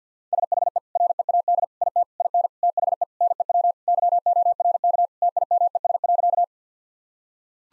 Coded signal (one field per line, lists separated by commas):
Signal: Morse code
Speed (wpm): 50 wpm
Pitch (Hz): 700 Hz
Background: none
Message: SHE READ IT IN THE NEW YORK TIMES.